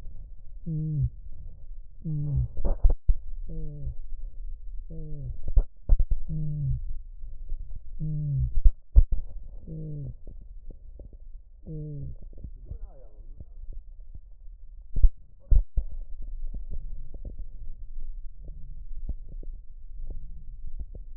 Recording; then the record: lung sounds by stethoscope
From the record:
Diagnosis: chronic bronchitis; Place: left posterior upper chest